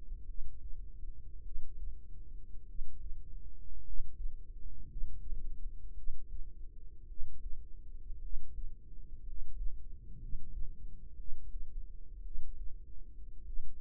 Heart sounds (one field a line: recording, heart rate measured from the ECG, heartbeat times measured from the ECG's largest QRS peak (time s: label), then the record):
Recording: heart sounds by microphone in the right ear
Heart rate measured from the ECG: 55 bpm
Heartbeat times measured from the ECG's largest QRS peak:
0.25 s: heartbeat
1.41 s: heartbeat
2.65 s: heartbeat
3.82 s: heartbeat
4.86 s: heartbeat
5.93 s: heartbeat
7.06 s: heartbeat
8.19 s: heartbeat
9.23 s: heartbeat
10.18 s: heartbeat
11.15 s: heartbeat
12.21 s: heartbeat
13.43 s: heartbeat
From the record:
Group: healthy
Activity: rest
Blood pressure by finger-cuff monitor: 105/51 mmHg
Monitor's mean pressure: 64 mmHg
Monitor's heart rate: 56 bpm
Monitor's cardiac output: 5 L/min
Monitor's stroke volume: 91 mL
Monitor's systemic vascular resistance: 920 dyn s/cm5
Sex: male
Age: 25 years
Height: 170 cm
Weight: 70.4 kg